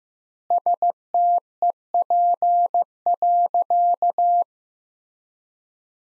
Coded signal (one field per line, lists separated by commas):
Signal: Morse code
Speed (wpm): 15 wpm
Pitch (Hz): 700 Hz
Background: none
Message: STEP.